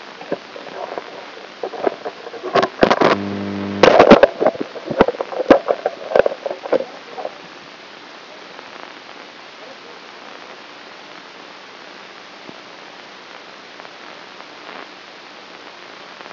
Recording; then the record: brain microelectrode recording played as sound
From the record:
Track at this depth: inside the subthalamic nucleus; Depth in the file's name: 2.921 mm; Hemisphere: right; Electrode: 2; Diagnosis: Parkinson's disease